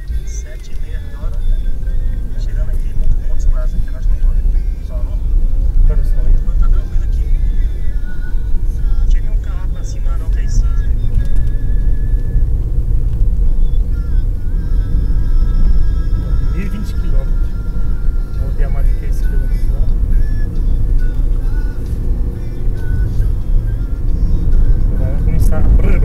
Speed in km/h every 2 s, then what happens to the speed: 21, 27, 33, 33, 40, 45, 48, 53, 57, 62, 67, 71, 73.
0-21 speeds up to 71.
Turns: none.